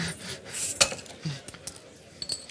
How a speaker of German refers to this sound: hat gerade die Flasche so ein bisschen geöffnet wie eine Champagnerflasche